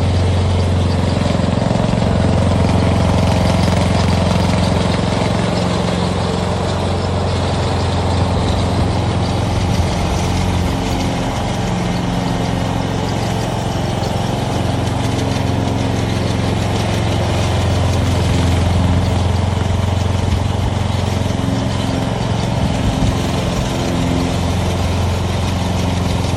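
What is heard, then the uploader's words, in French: A lawn mower runs steadily, its low motor drone holding an even pitch with strong low humming bands throughout. The loudness stays nearly constant for the whole stretch, with only slight wavering around the middle and a faint rough rattle above. Le doux ronronnement de la tondeuse à gazon. Le bruit de la tondeuse à gazon.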